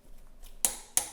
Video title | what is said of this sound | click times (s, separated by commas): PLANET3 installation instructions Specialized Creo SL (& 2021 Levo Comp) | tighten until you hear a click when you | 0.6 s